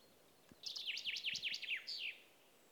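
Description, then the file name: Common chaffinch giving a single song phrase, a series of down-slurred notes ending in a brief flourish. "Fringilla coelebs"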